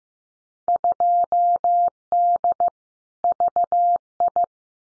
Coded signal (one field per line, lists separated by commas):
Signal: Morse code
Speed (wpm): 15 wpm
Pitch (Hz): 700 Hz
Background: none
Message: 2D VI